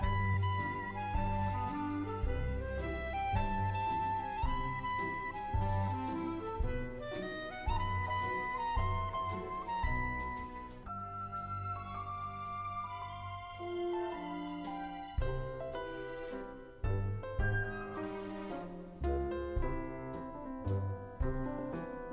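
Music from the Main Street Electrical Parade plays continuously, a bright, bouncy electronic melody over a steady, regular beat. A strong low bass line pulses throughout, and the tune shifts through several short phrases with crisp, repeated accents.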